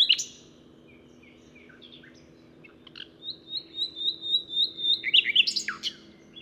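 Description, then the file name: Common nightingale song: scattered soft notes, then a long run of slurred whistled notes that builds in volume and ends in harsh chirps. "Luscinia megarhynchos"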